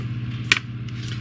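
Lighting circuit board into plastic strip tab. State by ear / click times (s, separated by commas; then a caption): seated / 0.5 s. A lighting circuit board is pushed into a plastic strip after its tab is opened slightly, and it pops into place so no glue is needed. A sharp click at 0.5 s, followed by a small tick just after, stands out over a steady low hum. The board is seated.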